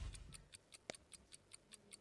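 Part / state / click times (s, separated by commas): hinged hoop earring post into its back catch / seated / 0.9 s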